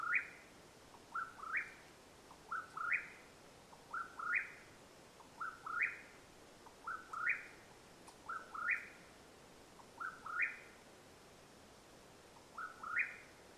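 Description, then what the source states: Mexican whip-poor-will steadily repeating a burry, upslurred whistled phrase many times, with quiet background hiss and a faint click. Calling at nightfall, Madera Canyon, Arizona, USA, 21 April 2022.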